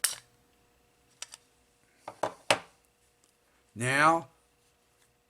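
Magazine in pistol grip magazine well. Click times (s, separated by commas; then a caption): 0.1 s. The magazine release is pressed on a Ruger Mark IV 22/45 Lite .22 pistol, and the empty metal magazine drops free of the grip's magazine well with a sharp, loud hit at 0.1 s. Fainter clicks and knocks follow around 1.2 to 2.5 s, and someone briefly talks near the end.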